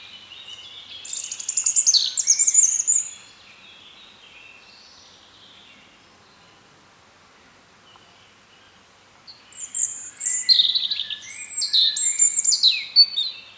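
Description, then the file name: European robin singing two high, tinkling, trilled phrases separated by a pause of about six seconds of near silence. "Erithacus rubecula"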